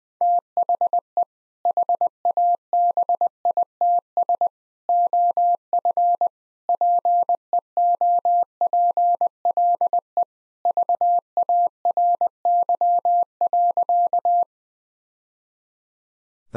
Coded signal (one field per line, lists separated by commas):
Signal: Morse code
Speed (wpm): 20 wpm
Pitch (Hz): 700 Hz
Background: none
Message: THE HABITS OF PEOPLE VARY.